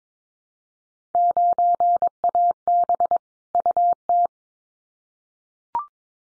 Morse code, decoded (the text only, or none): 9AB UT